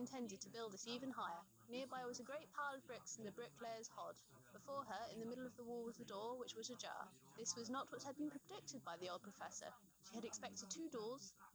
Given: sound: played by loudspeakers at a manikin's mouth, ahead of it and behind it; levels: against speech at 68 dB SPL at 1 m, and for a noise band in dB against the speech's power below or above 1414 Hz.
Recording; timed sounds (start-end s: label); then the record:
test signals for a remote microphone
0.00-11.55 s: woman speaking, babble ahead at +6 dB SNR for speech at 1 m
From the record:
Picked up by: remote receiver E, fed by microphone B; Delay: 43 ms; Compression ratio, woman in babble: 1.93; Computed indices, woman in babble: HASPI 0.967, HASQI 0.321 (non-linear 0.358, linear 0.894), ESTOI 0.706